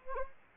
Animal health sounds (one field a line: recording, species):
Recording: mosquito wingbeat signal from an infrared sensor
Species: Anopheles arabiensis